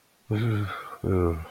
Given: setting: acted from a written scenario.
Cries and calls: vocal sound without words; sympathy

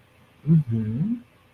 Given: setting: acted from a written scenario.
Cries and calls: vocal sound without words; interest

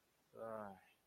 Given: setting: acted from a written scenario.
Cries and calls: vocal sound without words; romantic love

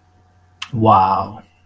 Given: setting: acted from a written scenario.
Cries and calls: vocal sound without words; contempt

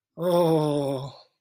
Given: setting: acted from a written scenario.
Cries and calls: vocal sound without words; distress

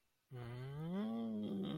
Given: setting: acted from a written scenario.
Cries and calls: vocal sound without words; interest

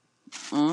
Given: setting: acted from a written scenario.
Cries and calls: vocal sound without words; desire

